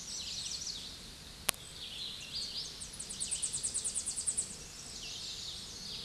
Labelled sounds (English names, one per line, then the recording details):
Tennessee Warbler song
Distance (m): 25 m
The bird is about 5 m above the microphone
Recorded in a Pennsylvania forest on 16 May 2024 at 08:15
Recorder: AudioMoth, point MSD-0661
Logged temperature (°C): 15.8 °C
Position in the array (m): 69 m, 94 m